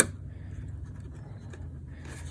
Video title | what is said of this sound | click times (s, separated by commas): Honda CRV-- How to Replace High Beam Bright Bulb on Passenger Side | and then take your plug and slide it up, and you'll hear it click when it's all the way on. | 0.0 s